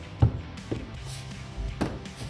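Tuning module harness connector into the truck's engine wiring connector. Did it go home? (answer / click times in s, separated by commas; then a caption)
yes / 1.8 s. A plastic wiring harness connector from an Edge Pulsar inline tuning module is pressed onto the sensor or injector connector of a 2019–2022 RAM 2500 after the wire colors are matched. A short tap at 0.2 s is followed by a sharp click at 1.8 s as the connector seats.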